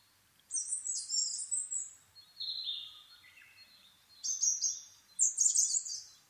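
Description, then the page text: Asian brown flycatcher song with thin, high, squeaky phrases that slide downward into lower twitters, then two more sharp, rapid bursts of chirps. Nikko, Japan, 26 April 2011 at 4:39, altitude 730 m; Sony PCM-D50 recorder with Panasonic WM-61A microphone. "kosamebitaki 20110426-0439. Muscicapa dauurica [Sounds -Nikko Today-]. 4/ 26 2011, 4:39. alt=730m"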